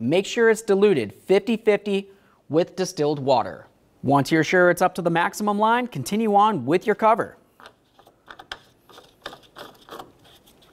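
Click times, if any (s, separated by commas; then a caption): none. Someone talks while the cap is being handled on the refilled plastic coolant reservoir of a 2004–2015 Nissan Titan. After the talking stops at about 7.3 s, quieter handling follows with a few brief sharp ticks. Nothing has seated or clicked yet.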